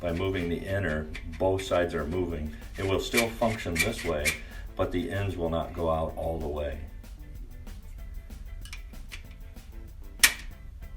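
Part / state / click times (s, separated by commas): spring-loaded latch mechanism in a truck tonneau cover / seated / 10.2 s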